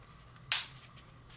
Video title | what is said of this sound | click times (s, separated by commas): Galaxy S4 Urban Armor Gear Case Review (UAG) | There we go, snapped into place, fits on tight. | 0.5 s